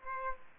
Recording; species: mosquito wingbeat signal from an infrared sensor; Aedes aegypti